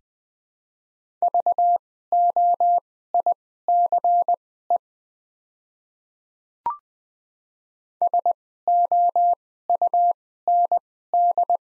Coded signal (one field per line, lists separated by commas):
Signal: Morse code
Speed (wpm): 20 wpm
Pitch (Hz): 700 Hz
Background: none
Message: VOICE SOUND